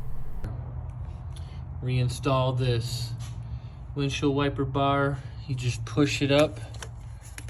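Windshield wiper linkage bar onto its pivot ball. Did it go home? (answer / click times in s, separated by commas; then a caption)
yes / 7.4 s. A windshield wiper linkage bar on a Buick Rendezvous is pushed up by hand onto its small ball pivot while someone talks. A short, sharp snap at 7.4 s marks the bar clicking back into place on the pivot, seated.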